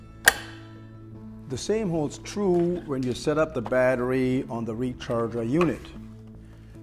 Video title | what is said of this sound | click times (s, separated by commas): AK 5010 MBS - Mammography/Biopsy Examination Chair - Application Video - AKRUS | just simply set it up on the guides and push it in until you hear the audible click | 0.3 s